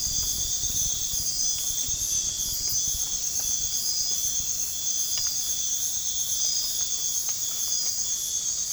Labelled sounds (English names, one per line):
none